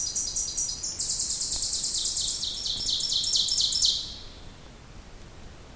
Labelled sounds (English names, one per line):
Ovenbird song